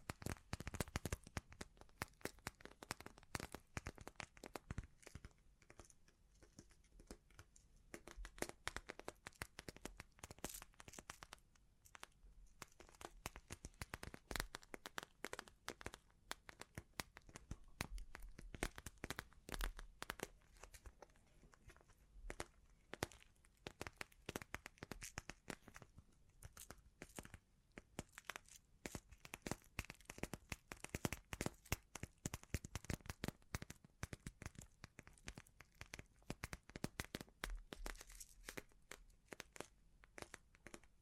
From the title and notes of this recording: ASMR Sleep Inducing Bling Bling Triggers (No Talking).